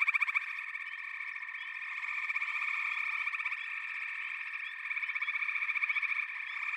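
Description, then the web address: Chorusing frogs give fast pulsed trills that rise and fall in loudness in waves, over a continuous bed of calls with light chirps. "The Natural Sounds of the Wilderness. Echoes of Nature - Frog Chorus"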